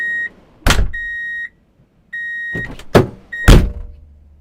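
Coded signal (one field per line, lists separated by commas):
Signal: alarm pattern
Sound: four steady high beeps separated by door-like thumps and mechanical noises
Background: door thumps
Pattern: 4 beeps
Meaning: Vehicle is driving in reverse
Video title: Drive in Reverse Beep Alert | Sound Effect (HD)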